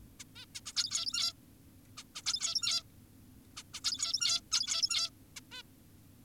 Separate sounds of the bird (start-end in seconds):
0.20-0.24, 0.36-0.46, 0.55-0.61, 0.66-0.73, 0.76-1.33, 1.98-2.04, 2.15-2.22, 2.26-2.83, 3.57-3.63, 3.74-3.80, 3.85-4.41, 4.52-5.10, 5.37-5.40, 5.52-5.62